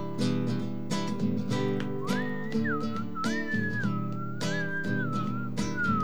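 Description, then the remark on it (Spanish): A person whistles a smooth, sliding melody of high, pure tones over steady band accompaniment with a regular beat; the whistling enters a couple of seconds in and carries the tune. “en silbido!”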